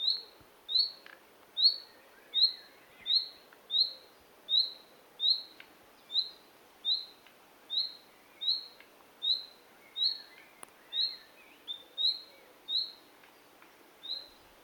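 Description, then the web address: Common nightingale repeating a sharp, rising whistled note in a long steady series. "SETE data Luscinia megarhynchos"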